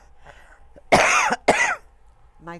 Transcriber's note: coughs